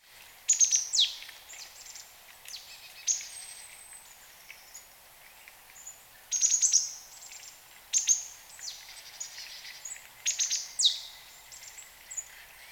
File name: Poecile palustris